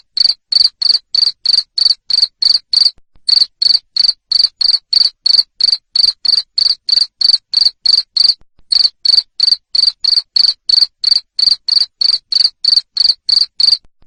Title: Suara JANGKRIK NGERIK Keras Bikin LOVEBIRD Jadi NGEKEK Terus